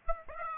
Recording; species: mosquito wingbeat signal from an infrared sensor; Aedes aegypti